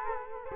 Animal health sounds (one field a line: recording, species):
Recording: mosquito wingbeat signal from an infrared sensor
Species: Culex quinquefasciatus